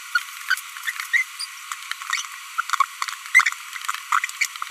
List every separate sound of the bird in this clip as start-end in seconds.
0.15-0.18, 0.49-0.54, 0.87-0.90, 1.14-1.22, 2.58-2.60, 2.80-2.84, 4.12-4.19, 4.41-4.45